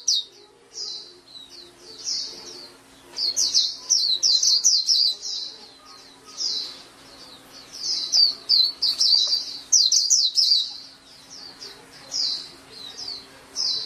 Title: Kicau Kacer